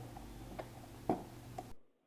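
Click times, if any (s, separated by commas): 0.6 s, 1.1 s, 1.6 s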